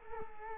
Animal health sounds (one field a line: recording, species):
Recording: mosquito wingbeat signal from an infrared sensor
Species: Culex quinquefasciatus